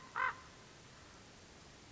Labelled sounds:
Common Raven (Corvus corax)

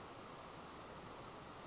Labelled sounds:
Brown Creeper (Certhia americana)

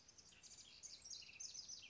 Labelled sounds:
House Wren (Troglodytes aedon)

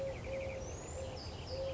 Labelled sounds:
Eurasian Collared Dove (Streptopelia decaocto)

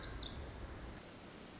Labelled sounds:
Pacific Wren (Troglodytes pacificus)

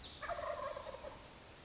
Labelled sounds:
Wild Turkey (Meleagris gallopavo)

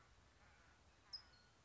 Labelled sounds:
California Towhee (Melozone crissalis)

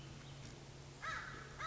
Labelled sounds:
American Crow (Corvus brachyrhynchos)

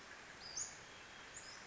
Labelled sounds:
Western Flycatcher (Empidonax difficilis)

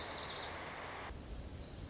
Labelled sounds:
Lazuli Bunting (Passerina amoena)

